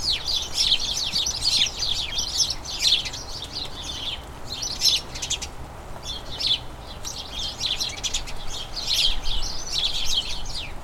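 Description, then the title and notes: House sparrows chirping in a flock, a dense, continuous chatter of short overlapping chirps with brief pauses, over a low background rumble. A dozen birds, a colony in a small front garden as crocuses bloom; incessant excited chatter, a sign the colony is turning to the breeding season. "the soothing conversations of a flock of house sparrows. The happy, mesmerising chirping of a colony of house sparrows. As crocuses bloom in a small front garden, a dozen sparrows bubble with an incessant chatter full of infectious excitement – a sure sign that this little colony is turning its thoughts to the breeding season. Recorded by Fergus Collins"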